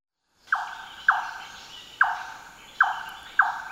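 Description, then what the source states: Large-tailed nightjar calling with five sharp, hollow tok notes spaced roughly half a second to a second apart after a short silence. Recorded in Papua New Guinea.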